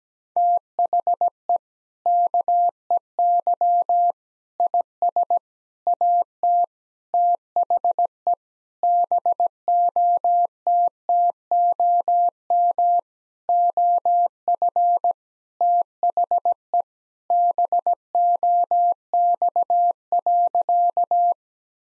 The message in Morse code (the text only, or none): THE KEY IS AT THE BOTTOM OF THE BOX.